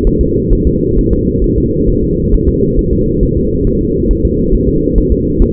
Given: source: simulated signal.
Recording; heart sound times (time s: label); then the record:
fetal heart sounds
0.07 s: S1
0.21 s: S2
0.53 s: S1
0.67 s: S2
0.99 s: S1
1.13 s: S2
1.44 s: S1
1.58 s: S2
1.90 s: S1
2.04 s: S2
2.34 s: S1
2.49 s: S2
2.79 s: S1
2.93 s: S2
3.23 s: S1
3.37 s: S2
3.67 s: S1
3.81 s: S2
4.11 s: S1
4.25 s: S2
4.55 s: S1
4.69 s: S2
4.98 s: S1
5.12 s: S2
5.42 s: S1
From the record:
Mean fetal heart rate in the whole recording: 135 bpm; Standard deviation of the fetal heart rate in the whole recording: 3 bpm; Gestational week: 36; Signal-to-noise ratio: -14.7 dB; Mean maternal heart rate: 72 bpm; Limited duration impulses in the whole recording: present